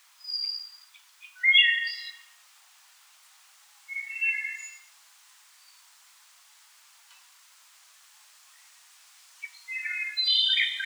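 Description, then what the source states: Wood thrush song: flute-like phrases of stacked clear notes in bursts separated by pauses of up to several seconds, with a faint background hiss. 2007-01-04.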